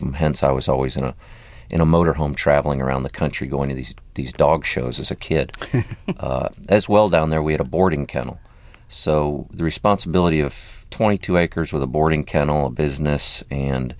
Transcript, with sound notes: Hence, I was always in a motor home, traveling around the country, going to these dog shows as a kid. (Soundbite of laughter) As well, down there, we had a boarding kennel. So the responsibility of 22 acres with a boarding kennel, a business, and